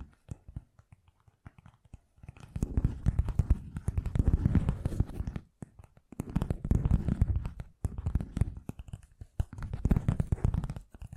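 Fast, gentle tapping comes in dense bursts of rapid, closely packed taps, each lasting one to three seconds, with short quiet gaps between them. The taps have a soft, low thud with a crisp, slightly papery edge, and the opening two seconds are sparse and quiet.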